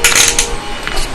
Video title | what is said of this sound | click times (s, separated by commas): TUESDAY DOLLAR STARTS WITH BIG GIVEAWAYS! | it's like a super satisfying click in place. | 0.1 s, 0.4 s